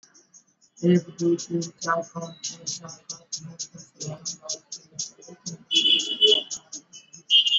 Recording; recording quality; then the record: counting at a normal pace; poor, much background noise or distortion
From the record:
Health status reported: exposed to COVID-19, no respiratory illness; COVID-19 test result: not tested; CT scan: not taken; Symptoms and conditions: cough, cold, fever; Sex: male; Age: 44 years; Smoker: no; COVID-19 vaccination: both doses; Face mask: worn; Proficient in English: yes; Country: India